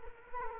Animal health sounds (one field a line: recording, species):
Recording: mosquito wingbeat signal from an infrared sensor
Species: Culex quinquefasciatus